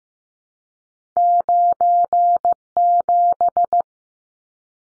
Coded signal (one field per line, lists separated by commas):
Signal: Morse code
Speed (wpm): 15 wpm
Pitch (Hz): 700 Hz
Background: none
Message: 97